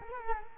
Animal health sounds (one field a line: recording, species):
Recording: mosquito wingbeat signal from an infrared sensor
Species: Culex quinquefasciatus